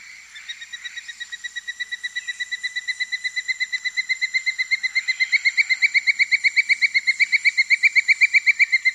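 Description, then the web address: Great black hawk calling a long, even series of high whistled notes, about four per second, growing steadily louder over nine seconds, over faint constant hiss. South America. "Natures Songs S America Great Black-Hawk"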